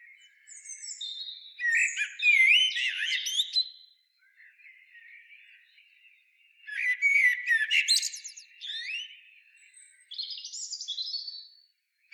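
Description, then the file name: Common blackbird singing two loud phrases, each a melodious warble rising into high scratchy twitters, with quieter twittering between and after them. "Turdus merula"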